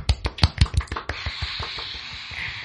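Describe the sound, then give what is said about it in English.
A short applause sound effect played on a 99.5 RT radio programme: a few sharp, distinct claps that quickly blur into a dense, hissing wash of clapping, holding steady and fairly loud until the end, with no voices. “Applause.”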